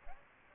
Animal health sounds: mosquito wingbeat signal from an infrared sensor; Aedes aegypti

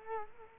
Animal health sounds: mosquito wingbeat signal from an infrared sensor; Culex quinquefasciatus

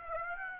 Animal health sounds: mosquito wingbeat signal from an infrared sensor; Aedes aegypti

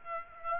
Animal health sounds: mosquito wingbeat signal from an infrared sensor; Aedes aegypti

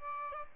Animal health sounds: mosquito wingbeat signal from an infrared sensor; Aedes albopictus

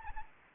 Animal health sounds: mosquito wingbeat signal from an infrared sensor; Anopheles gambiae

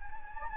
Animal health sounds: mosquito wingbeat signal from an infrared sensor; Anopheles gambiae

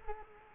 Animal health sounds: mosquito wingbeat signal from an infrared sensor; Culex quinquefasciatus

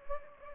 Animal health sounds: mosquito wingbeat signal from an infrared sensor; Anopheles gambiae

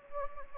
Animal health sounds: mosquito wingbeat signal from an infrared sensor; Anopheles gambiae

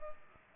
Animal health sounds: mosquito wingbeat signal from an infrared sensor; Culex pipiens

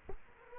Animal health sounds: mosquito wingbeat signal from an infrared sensor; Culex quinquefasciatus

